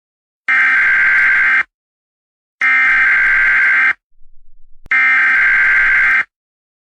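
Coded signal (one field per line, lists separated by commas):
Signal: Emergency Alert System (SAME) tones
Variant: header bursts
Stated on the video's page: Fictional EAS scenario.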